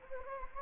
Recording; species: mosquito wingbeat signal from an infrared sensor; Anopheles gambiae